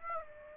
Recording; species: mosquito wingbeat signal from an infrared sensor; Aedes aegypti